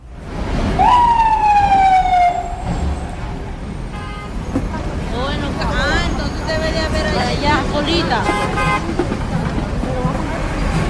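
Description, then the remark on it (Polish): Busy Times Square street ambience in Manhattan, New York, with a police siren wailing in a falling sweep, car horns tooting, a steady roar of traffic and crowd chatter underneath. “A ponieważ tutaj właśnie nigdy Nowy Jork nie chodzi spać, to proponuję posłuchać, jak brzmi serce Manhattanu, nazywane skrzyżowaniem świata, czyli Times Square.”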